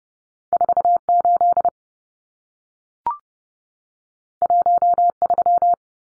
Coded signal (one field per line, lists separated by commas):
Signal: Morse code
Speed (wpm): 30 wpm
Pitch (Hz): 700 Hz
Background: none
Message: 48 13